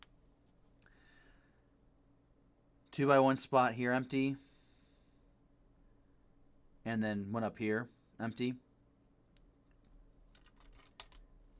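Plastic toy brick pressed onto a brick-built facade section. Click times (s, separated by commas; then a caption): 11.0 s. Someone talks while plastic LEGO toy bricks are pressed into the bay-window and front-corner section of a large brick-built Boutique Hotel facade during a live build. Faint small clicks come around 10.3–10.9 s, then a sharp, strongest click at 11.0 s as a brick seats firmly into place.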